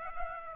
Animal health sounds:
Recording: mosquito wingbeat signal from an infrared sensor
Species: Aedes aegypti

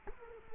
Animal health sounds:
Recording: mosquito wingbeat signal from an infrared sensor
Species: Culex quinquefasciatus

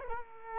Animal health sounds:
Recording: mosquito wingbeat signal from an infrared sensor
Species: Culex quinquefasciatus

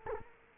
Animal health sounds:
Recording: mosquito wingbeat signal from an infrared sensor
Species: Culex quinquefasciatus

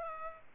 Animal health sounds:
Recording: mosquito wingbeat signal from an infrared sensor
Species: Culex quinquefasciatus

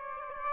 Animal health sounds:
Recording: mosquito wingbeat signal from an infrared sensor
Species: Aedes aegypti

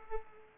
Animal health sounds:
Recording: mosquito wingbeat signal from an infrared sensor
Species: Culex pipiens

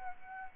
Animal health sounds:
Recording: mosquito wingbeat signal from an infrared sensor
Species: Aedes aegypti

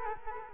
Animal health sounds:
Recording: mosquito wingbeat signal from an infrared sensor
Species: Culex quinquefasciatus

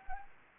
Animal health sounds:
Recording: mosquito wingbeat signal from an infrared sensor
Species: Anopheles gambiae

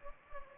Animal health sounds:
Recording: mosquito wingbeat signal from an infrared sensor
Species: Anopheles gambiae

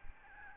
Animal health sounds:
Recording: mosquito wingbeat signal from an infrared sensor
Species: Aedes albopictus

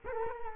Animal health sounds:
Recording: mosquito wingbeat signal from an infrared sensor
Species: Culex quinquefasciatus

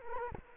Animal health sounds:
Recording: mosquito wingbeat signal from an infrared sensor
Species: Culex quinquefasciatus

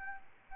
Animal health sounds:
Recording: mosquito wingbeat signal from an infrared sensor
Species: Anopheles arabiensis

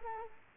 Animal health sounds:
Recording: mosquito wingbeat signal from an infrared sensor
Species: Culex quinquefasciatus

